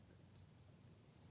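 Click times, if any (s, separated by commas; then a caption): none. A plastic yo-yo maker disc is handled over fabric as it is brought toward its base plate, giving only a low, steady handling rumble with no sharp transient. Nothing has seated or clicked yet.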